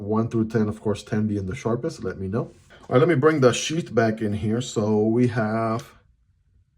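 Someone talks while handling a Baltic Blades Angis Gen 2 fixed blade knife and bringing its sheath, likely Kydex, back into reach. The speech ends around 5.9 s and is followed by near silence. The knife has not yet been pushed into the sheath, and nothing has seated or clicked.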